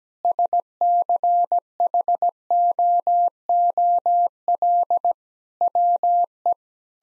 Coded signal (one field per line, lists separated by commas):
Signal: Morse code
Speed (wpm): 17 wpm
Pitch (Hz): 700 Hz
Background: none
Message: SCHOOL WE